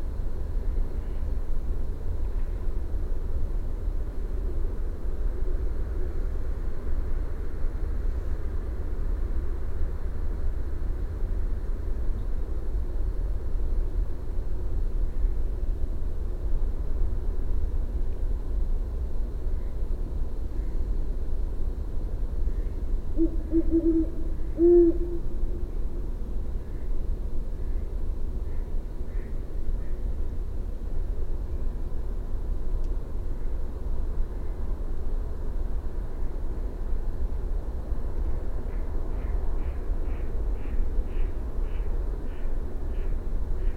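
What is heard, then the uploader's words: A Great Horned Owl hoots briefly around the middle, over a steady low rumble, with faint rapid bird calls near the end. Anthropogenic noise: Ship on Potomac (?) and?or distant traffic(?). Recorded about 4am. Great Horned Owl calling (with headphones you may also hear a distant Great Horned Owl). Mallards and some other unidentified birds in background.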